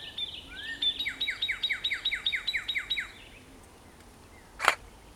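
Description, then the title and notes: Cardinal singing a rapid string of about a dozen sharp, descending whistled notes after a rising opener, then quiet, ending with a single short knock or click. Recorded on 16 April 2017. "170416_cardinal by Christie Mullen"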